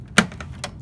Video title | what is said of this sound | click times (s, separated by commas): Danny Hardware Video | you push it down gently user hear a snap sound so just | 0.2 s